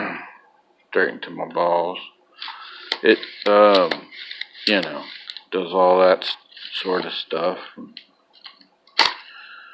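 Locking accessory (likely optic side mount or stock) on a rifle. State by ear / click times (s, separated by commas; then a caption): seated / 9.0 s. Someone talks while working a locking accessory on a PSA AK-47 rifle, likely the side optic mount lever or the folding stock. A loud, sharp click at 9.0 s marks the accessory locking into place.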